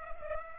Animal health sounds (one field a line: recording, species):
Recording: mosquito wingbeat signal from an infrared sensor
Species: Culex pipiens